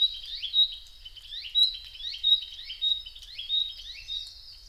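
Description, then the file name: Narcissus flycatcher song: several rapid phrases of rising and falling whistled notes, repeated steadily through the whole stretch. Recorded 5 May 2008 at 07:22. "kibitaki 20080505-0722"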